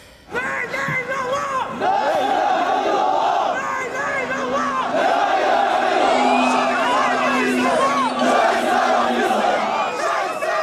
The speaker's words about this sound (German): Als wir hinkamen, war der Platz vor dem Bahnhofseingang voller Menschen. Eine Gegendemo gegen die radikalen Islamisten. Mehrere Fernsehteams drehten das Ganze.